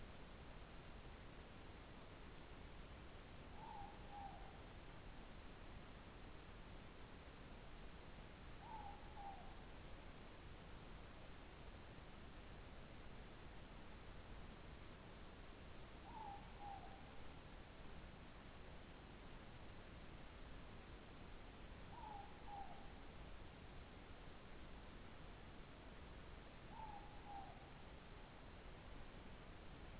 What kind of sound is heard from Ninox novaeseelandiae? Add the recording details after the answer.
more-pork call. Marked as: faintness 2/5. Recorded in New Zealand. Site Taranaki